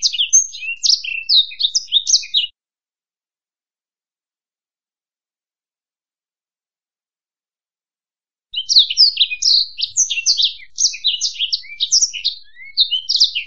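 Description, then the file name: Black-throated canary giving a burst of quick, high twittering song, then six seconds of silence, then another lively, varied warbling phrase. "suara burung blackthroat"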